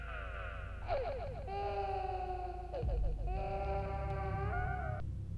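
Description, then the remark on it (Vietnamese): A baby cries from the other side of a wall in long, wavering wails, two drawn-out sobbing cries separated by a brief catch of breath, loud and steady with no one talking. “Tiếng khóc truyền tới từ bên kia bức tường. Bên đó đó có một đứa bé khóc sao?”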